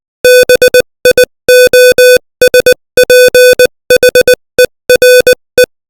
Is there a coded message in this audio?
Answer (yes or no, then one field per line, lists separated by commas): yes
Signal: Morse code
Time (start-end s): 0.2-5.6 s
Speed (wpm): 20 wpm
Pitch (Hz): 500 Hz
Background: music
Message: BIOSPHERE